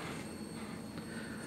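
On a Streamlight TLR-1s weapon-mounted flashlight, the battery compartment door latch is worked and clicks open at 1.0 s, releasing the door so it springs open for the batteries to come out. A short, sharp click stands out over a steady low hum and broadband background noise.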